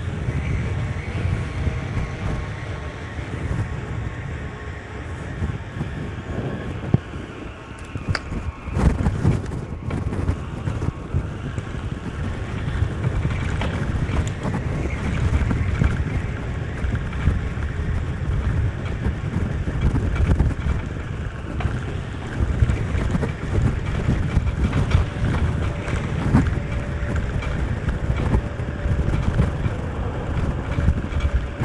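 Bicycle ride through the streets of Bordeaux, with a steady low rumble and buffeting wind noise throughout. Short rattles and clatters break through around eight to ten seconds and again later, and faint thin tones hum along in the background.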